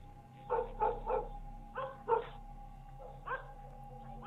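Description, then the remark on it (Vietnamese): A yellow dog barks in short bursts: three quick barks, then two more, then a single bark after a pause. The barks are loud and sharp over a low steady hum. It is night, and the dog is barking at the sound of people arriving at the house. “Đến nơi, con chó vàng nghe thấy động liền dẩu mõm ra ngoài mà sủa ông ổng, làm cho anh Nô thức giấc.”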